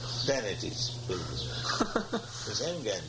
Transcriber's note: laughter